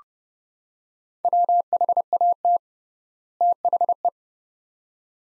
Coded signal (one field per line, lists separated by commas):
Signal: Morse code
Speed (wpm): 30 wpm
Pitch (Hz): 700 Hz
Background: none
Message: WHAT THE